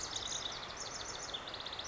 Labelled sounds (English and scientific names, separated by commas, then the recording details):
House Wren (Troglodytes aedon)
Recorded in Sonoma County, California